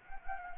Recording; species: mosquito wingbeat signal from an infrared sensor; Anopheles gambiae